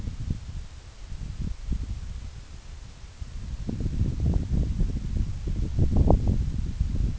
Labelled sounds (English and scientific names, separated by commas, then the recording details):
none
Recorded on Arctic tundra, site NAIT-1, on 26 June 2019
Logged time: 12:00